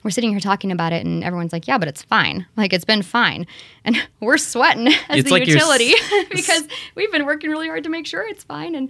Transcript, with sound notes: We're sitting here talking about it and everyone's like, "yeah, but it's fine. Like, it's been fine." And we're sweating [laughing] as the utility, because we've been working really hard to make sure it's fine.